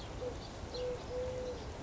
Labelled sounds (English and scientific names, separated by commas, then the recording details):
Eurasian Collared Dove (Streptopelia decaocto)
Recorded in Sonoma County, California